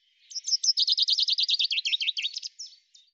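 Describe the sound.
Common chaffinch song, one lively phrase of rapid bright notes that descends slightly, finishing with a couple of separate flicked end notes.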